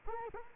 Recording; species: mosquito wingbeat signal from an infrared sensor; Culex quinquefasciatus